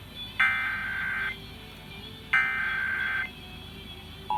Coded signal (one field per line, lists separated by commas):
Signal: Emergency Alert System (SAME) tones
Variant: header bursts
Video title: Required Monthly Test Pennsylvania FM radio 4/17/21 EAS#50